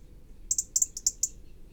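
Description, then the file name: European robin calling with a quick series of seven thin, very high, sharp notes, some paired, over about three quarters of a second, with faint low background hum. "Erithacus rubecula"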